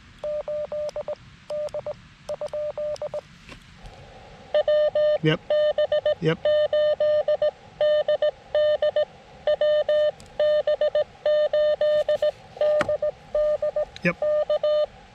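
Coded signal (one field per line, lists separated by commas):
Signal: Morse code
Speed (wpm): 20 wpm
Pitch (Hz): 600 Hz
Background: speech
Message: 8 D ? WB8DD WB8DD K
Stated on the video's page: CW portion of a park activation from Buttermilk Falls State Park, run on an FX-4CR transceiver.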